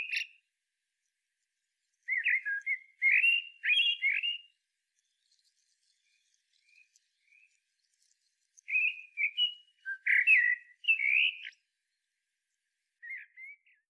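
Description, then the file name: Common blackbird singing spaced bursts of fluted, warbling whistles with scratchy high twitters, separated by pauses of several seconds, one quiet phrase at the end. "Turdus merula"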